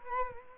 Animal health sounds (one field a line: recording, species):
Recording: mosquito wingbeat signal from an infrared sensor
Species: Culex quinquefasciatus